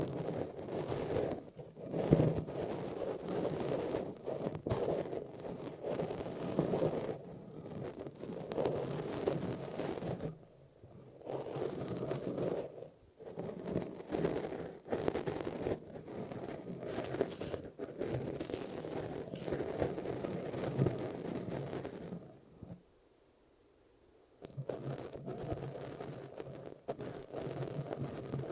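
Ear massage sounds: dense rubbing and scratching in steady bursts, with brief gaps near ten seconds and a quiet pause around twenty-three seconds.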